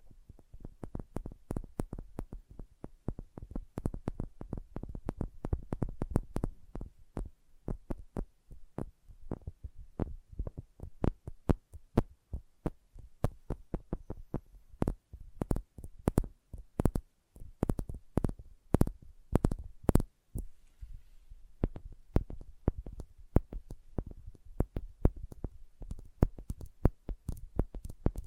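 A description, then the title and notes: Sensitive tapping in quick, uneven bursts of sharp, dry knocks, dense throughout the clip with brief pauses near 13 and 20 seconds. ASMR Sensitive Tapping (No Talking).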